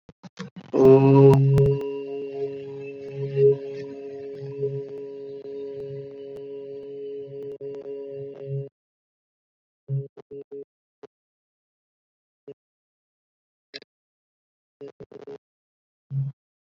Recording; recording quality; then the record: sustained vowel as in boot; moderate, slight background noise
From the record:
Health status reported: COVID-19 positive, mild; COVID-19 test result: positive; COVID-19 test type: RT-PCR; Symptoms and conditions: cold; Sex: male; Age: 27 years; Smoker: no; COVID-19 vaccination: both doses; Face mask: not worn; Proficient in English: yes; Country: India